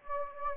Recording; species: mosquito wingbeat signal from an infrared sensor; Anopheles gambiae